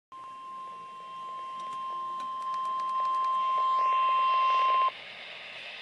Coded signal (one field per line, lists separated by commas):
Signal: Emergency Alert System (SAME) tones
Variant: 1050 Hz attention tone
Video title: REAL EAS 1196-Severe Thunderstorm Warning